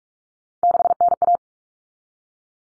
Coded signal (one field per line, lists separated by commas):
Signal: Morse code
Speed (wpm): 44 wpm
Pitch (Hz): 700 Hz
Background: none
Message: 6NA